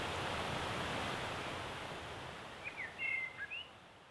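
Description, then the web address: Redwing song: a short burst of thin whistled and twittering notes near the end, over steady broad rushing background noise. Recorded on 10 April 2016. "fagelljud 20160410 rodvingetrast"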